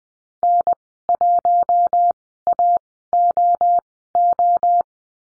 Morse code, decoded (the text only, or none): N1AOO